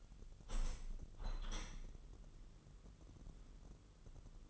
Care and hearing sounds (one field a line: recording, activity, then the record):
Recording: daily activity, microphone in the room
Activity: open window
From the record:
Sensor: 4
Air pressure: 999.4 hPa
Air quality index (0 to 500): 138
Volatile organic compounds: 3 ppm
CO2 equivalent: 1362 ppm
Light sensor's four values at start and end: 23/56/23/25 and 23/55/23/25